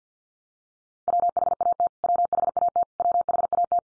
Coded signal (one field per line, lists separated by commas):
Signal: Morse code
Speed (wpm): 50 wpm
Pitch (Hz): 700 Hz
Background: none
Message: WHAT WHAT WHAT